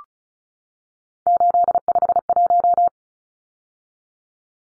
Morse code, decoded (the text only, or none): 851